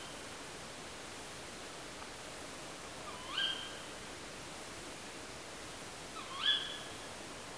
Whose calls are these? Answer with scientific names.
Strix aluco